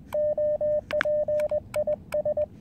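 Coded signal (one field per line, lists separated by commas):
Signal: Morse code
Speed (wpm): 20 wpm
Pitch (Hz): 600 Hz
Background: radio noise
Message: OP IS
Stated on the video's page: SOTA summit activation, 235 m, Seoul.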